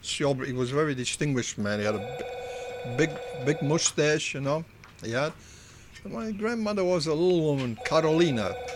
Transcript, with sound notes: Aubrey. He was a very distinguished man. He had a ( a telephone rings ) big moustache, you know, he had. So my grandmother was a little woman. Carolina,